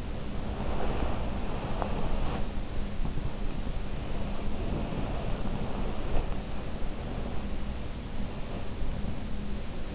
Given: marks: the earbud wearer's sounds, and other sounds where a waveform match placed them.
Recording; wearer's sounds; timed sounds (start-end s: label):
sounds in sleep by an in-ear microphone; body movement
0.00-8.69 s: body movement